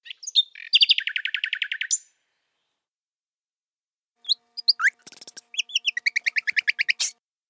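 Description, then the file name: Common nightingale song: two phrases of fast, evenly repeated chirping notes with sharp whistled starts, separated by a two-second silence. "ROSSIGNOL"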